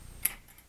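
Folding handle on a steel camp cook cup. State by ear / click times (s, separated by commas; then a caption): seated / 0.3 s. The folding handle of a steel camp cook cup from a Stanley camp cook set is swung out until it locks open, giving a sharp, bright click at 0.3 s over a quiet background, followed by a faint tick near 0.6 s. The handle is seated and locked in place.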